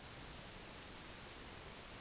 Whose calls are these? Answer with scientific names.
none